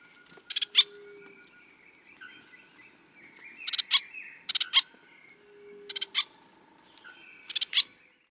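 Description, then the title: Rufous-capped spinetail singing clusters of quick, harsh chipping notes in irregular bursts, accompanied by a faint continuous whistle and soft background bird calls. "LuckyPassaro Completos2Sama. Rufous-capped Spinetail (Synallaxis ruficapilla)"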